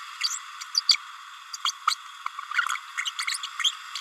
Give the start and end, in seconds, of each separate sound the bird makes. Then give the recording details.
0.20-0.39, 0.74-0.81, 0.88-0.96, 1.65-1.72, 1.87-1.95, 3.27-3.38, 3.63-3.72. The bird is a female. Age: 30 days. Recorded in a nest box in Venezuela. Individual 17B32A7